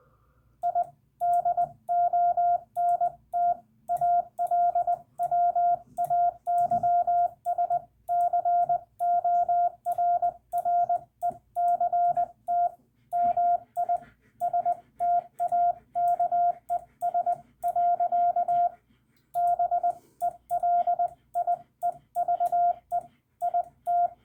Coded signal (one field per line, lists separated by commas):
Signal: Morse code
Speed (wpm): 20 wpm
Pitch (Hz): 700 Hz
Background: radio noise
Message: I DONT ALWAYS CORRECT MISTAKES. BELIEVE IT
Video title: Final (?) CW Lesson: Using the Hyphen in Rag-Chew CW